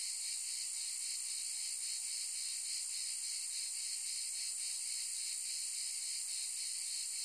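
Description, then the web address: Cicada giving an unbroken shrill, hiss-like buzz with gentle throbbing throughout. "son cigales"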